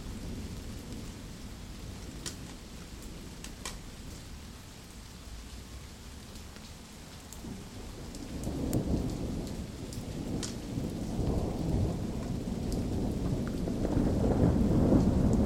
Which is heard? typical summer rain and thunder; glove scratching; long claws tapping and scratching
typical summer rain and thunder